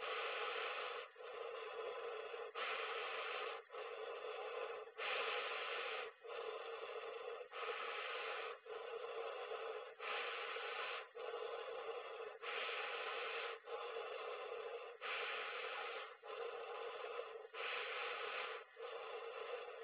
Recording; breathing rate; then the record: paced breathing near a phone; 24 breaths a minute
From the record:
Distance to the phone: 20 cm